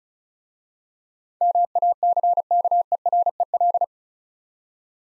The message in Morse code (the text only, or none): MACKEREL